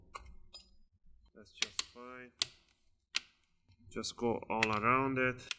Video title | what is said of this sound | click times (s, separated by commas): Toshiba Satellite C50d Repaste and Service, STEP By STEP | you're gonna hear some clicking sound that's normal that's just fine | 1.6 s, 1.8 s, 2.4 s, 3.2 s